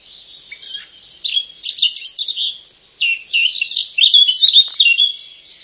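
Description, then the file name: Eurasian blackcap song: rapid scratchy twitters and warbled phrases, a short pause, then a louder, richer burst of varied notes. "zwartkop"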